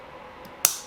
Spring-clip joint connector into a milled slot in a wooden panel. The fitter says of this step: et viennent se clipser. Voilà, là on est non démontable.